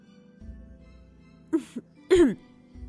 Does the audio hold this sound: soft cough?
yes